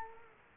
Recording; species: mosquito wingbeat signal from an infrared sensor; Culex quinquefasciatus